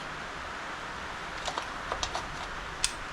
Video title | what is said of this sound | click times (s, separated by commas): Mercury 250 Pro XS 4-Stroke Maintenance: Spark Plug & Fuel Filter Change + Fixing Engine Alarms!'' | There you go. Once you hear it click one time, stop. | 2.8 s